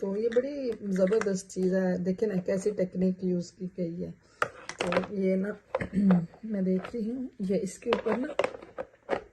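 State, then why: Seated. Someone talks while a plastic attachment is placed on top of a multipurpose kitchen chopper. A short sharp click is heard at 8.8 s as the attachment snaps onto the base and seats firmly so it won't come off.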